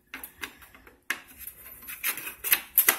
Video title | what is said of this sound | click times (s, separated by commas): ez smart track saw. Trimming the edges and inserts | Right here, you wanna hear that click. | 1.1 s